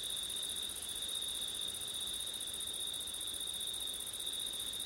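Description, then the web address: Shrill cricket trilling runs without a break. Crickets singing at night in September, recorded in windy conditions; ORTF microphone setup. "audio crickets wind september night ortif"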